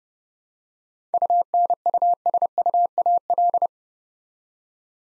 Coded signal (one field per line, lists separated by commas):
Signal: Morse code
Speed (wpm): 30 wpm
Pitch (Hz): 700 Hz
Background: none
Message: UNUSUAL